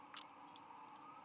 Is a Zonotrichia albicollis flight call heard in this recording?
no